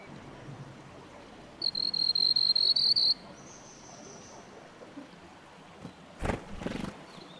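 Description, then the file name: Plumbeous water redstart, a thin, high, slightly rising buzzy trill lasting over a second, then a fainter higher note, with a brief burst of noise near the end. "鉛色水鶇"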